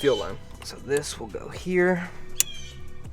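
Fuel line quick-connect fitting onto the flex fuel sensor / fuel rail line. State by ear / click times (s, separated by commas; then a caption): seated / 2.4 s. Someone talks while pushing the fuel line quick-connect fitting of a Delicious Tuning E85 flex fuel sensor kit onto the fuel line of a 2013+ BRZ/FRS, with music in the background. A single sharp click sounds at 2.4 s as the fitting seats, and that side of the connection is done.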